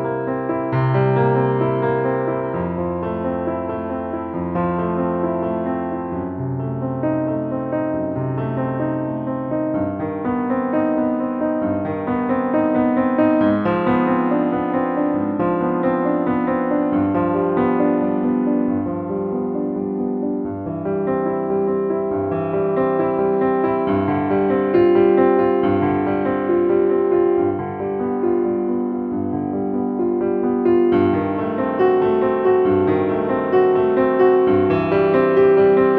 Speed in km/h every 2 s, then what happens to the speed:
47, 50, 53, 55, 56, 58, 60, 61, 61, 60, 56, 55, 56, 58, 60, 61, 61, 64.
0-13 speeds up to 61. 22-36 speeds up to 64.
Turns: none.